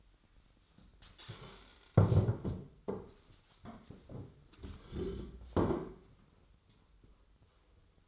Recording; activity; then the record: daily activity, microphone in the room; stand up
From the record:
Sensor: 3